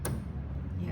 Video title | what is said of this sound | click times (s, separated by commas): 装Zipper 下裙摆 | Got a click sound. Huh? That means you are positioned correctly. | 0.0 s